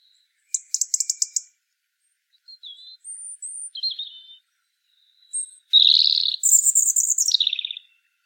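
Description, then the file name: European robin giving a rapid ticking burst, then thin high whistles and a loud, tumbling warbled phrase that slides downward at the end. "Erithacus rubecula"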